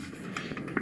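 A keyed plastic MPO-style fiber-optic trunk connector, key facing up, is handled at the rear adapter of a fiber patch-panel cassette, with a quiet rustle and two brief handling ticks near 0.4 and 0.8 seconds. The connector has not yet seated or clicked into the cassette.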